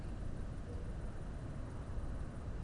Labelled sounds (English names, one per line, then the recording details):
none
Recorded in Germany
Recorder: ecoPi